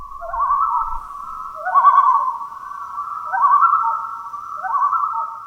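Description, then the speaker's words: Loon calls, wavering yodel-like phrases repeated, with two birds overlapping. Two loons on opposite sides of a small lake calling to each other around 2 a.m. on a night when the wind suddenly died. "There's two loons on separate sides of this small lake uh, calling out to each other."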